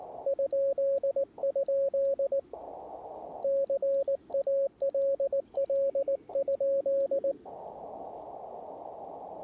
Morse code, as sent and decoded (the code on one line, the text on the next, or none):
..--.. ..--.. / -.-. .- .-.. .-.. ..--..
?? CALL?